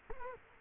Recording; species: mosquito wingbeat signal from an infrared sensor; Culex quinquefasciatus